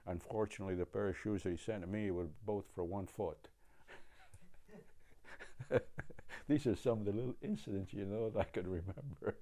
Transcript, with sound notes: Unfortunately the pair of shoes they sent me were both for one foot. [Laughs] These are some of the little incidents, you know, that I can remember.